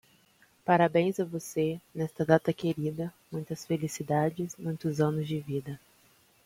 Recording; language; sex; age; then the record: short text; Brazilian Portuguese; female; 20 to 29 years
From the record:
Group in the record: control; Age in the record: 25 years